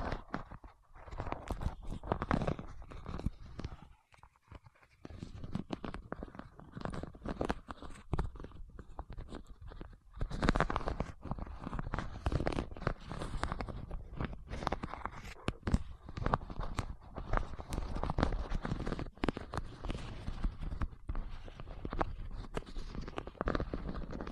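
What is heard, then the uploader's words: Fingertips press and tap on wax in a dense, uneven stream of soft knocks and sticky clicks, mostly low and dull with some brighter crackle. The tapping briefly thins out around four to five seconds, then runs steadily busy to the end. ASMR with Wax Fingertips for Sleep (No Talking).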